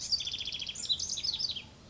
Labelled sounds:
House Wren
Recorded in Sonoma County, California

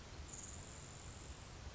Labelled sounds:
Grasshopper Sparrow
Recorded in Sonoma County, California

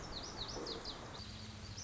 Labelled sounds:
Lazuli Bunting
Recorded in Sonoma County, California

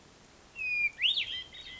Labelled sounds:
Hermit Thrush
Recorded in Sonoma County, California

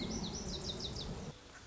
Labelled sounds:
Lazuli Bunting
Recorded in Sonoma County, California

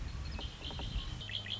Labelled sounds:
Red-winged Blackbird
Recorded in Sonoma County, California

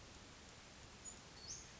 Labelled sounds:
Western Flycatcher
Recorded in Sonoma County, California

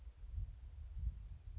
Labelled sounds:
Blue-gray Gnatcatcher
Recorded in Sonoma County, California

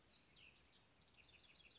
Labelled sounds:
Cassin's Vireo
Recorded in Sonoma County, California

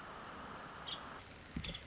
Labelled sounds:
Nuttall's Woodpecker
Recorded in Sonoma County, California

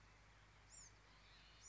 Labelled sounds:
Bewick's Wren
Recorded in Sonoma County, California

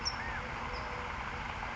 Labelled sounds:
California Towhee
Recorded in Sonoma County, California

